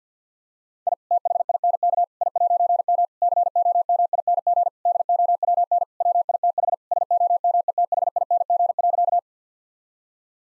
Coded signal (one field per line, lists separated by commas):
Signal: Morse code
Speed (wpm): 50 wpm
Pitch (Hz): 700 Hz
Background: none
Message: I THINK I'M COMING DOWN WITH SOMETHING.